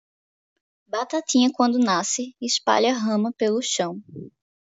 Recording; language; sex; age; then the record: short text; Brazilian Portuguese; female; 20 to 29 years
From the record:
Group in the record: control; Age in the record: 24 years